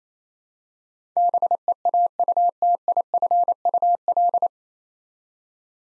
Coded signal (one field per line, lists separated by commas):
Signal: Morse code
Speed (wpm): 29 wpm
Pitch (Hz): 700 Hz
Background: none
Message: BEAUTIFUL